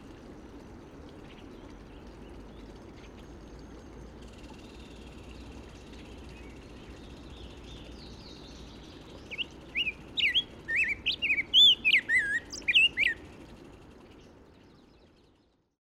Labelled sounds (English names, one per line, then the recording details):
Black-headed Grosbeak song
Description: Black-headed Grosbeak song recorded in the Alluvial Fan area of Rocky Mountain National Park
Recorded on 31 May 2017